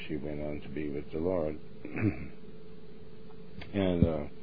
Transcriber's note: clears throat